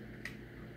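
A plastic brick "bullet" is pushed all the way up into a home-built brick toy gun and clicks into place with a single very quiet, short tick at 0.3 s. The click stands out over a steady low hum, and the bullet is seated.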